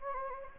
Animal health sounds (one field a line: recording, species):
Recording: mosquito wingbeat signal from an infrared sensor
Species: Anopheles gambiae